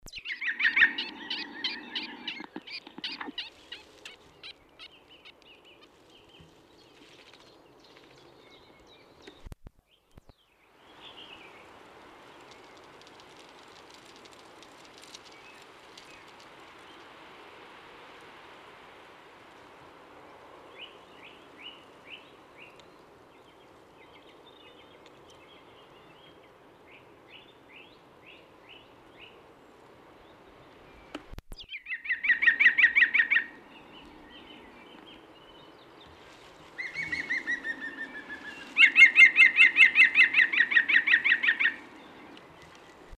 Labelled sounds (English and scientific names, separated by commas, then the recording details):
European Green Woodpecker (Picus viridis) song, Common Chiffchaff (Phylloscopus collybita), Common Chaffinch (Fringilla coelebs)
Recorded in the wild
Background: Phylloscopus collybita, Fringilla coelebs
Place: Garmisch-Partenkirchen, Bayern, DE
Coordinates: 47.5203, 11.0819
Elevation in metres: 846
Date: 1971-04-08
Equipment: Nagra IV, Sennheiser MKH 405
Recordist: Tretzel, Erwin
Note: Pfleger-Höhe, Garmisch-Partenkirchen: Gesang